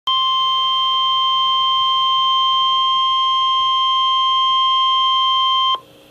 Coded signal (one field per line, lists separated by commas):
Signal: Emergency Alert System (SAME) tones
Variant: 1050 Hz attention tone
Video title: Severe Thunderstorm Warning [EAS 343] | NOAA Weather Radio (7/3/2012)